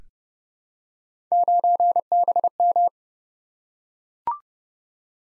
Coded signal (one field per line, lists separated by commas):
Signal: Morse code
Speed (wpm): 30 wpm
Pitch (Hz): 700 Hz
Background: none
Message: 9BM